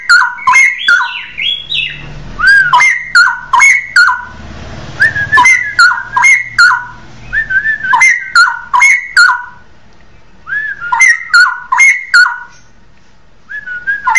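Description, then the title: Oriental magpie-robin song: sustained run of varied whistled phrases with clicking notes and sliding pitch, repeated in quick succession with brief gaps. "Kicau Kacer"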